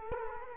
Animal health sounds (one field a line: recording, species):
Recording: mosquito wingbeat signal from an infrared sensor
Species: Culex quinquefasciatus